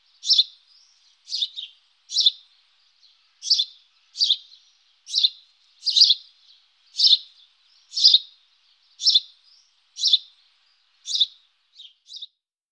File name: Haussperling Passer domesticus